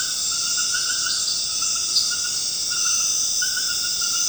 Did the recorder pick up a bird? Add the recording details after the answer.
no. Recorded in dense forest near Puerto Asís, Putumayo, Colombia, on 19 March 2025 at 21:30. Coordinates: 0.481, -76.323. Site G088